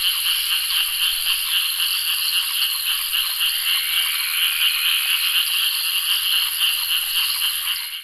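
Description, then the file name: Tropical frogs give fast repeated croaking pulses throughout, layered over a high, unbroken insect drone, then fade out at the end. Tropical frogs at a lake at night, with insects. "zapsplat nature lake night tropical frogs insects water flowing"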